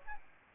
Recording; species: mosquito wingbeat signal from an infrared sensor; Aedes albopictus